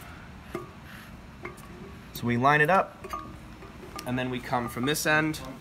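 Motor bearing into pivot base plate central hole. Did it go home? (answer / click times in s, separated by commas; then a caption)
no / none. A motor is held with its bearing lined up against the central hole in a metal pivot base plate, ready to be pushed in so it clicks into place. Brief light clinks sound at about 0.6, 1.5 and 3.1 seconds while someone talks. Nothing has seated or clicked yet.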